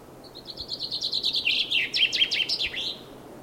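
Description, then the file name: Common chaffinch song: a quick run of repeated high notes that speeds up and drops in pitch, finishing with an emphatic terminal flourish. "Fringilla coelebs"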